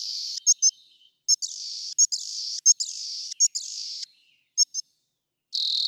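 Rock wren giving harsh, buzzy drawn-out notes separated by paired high ticks, repeated several times.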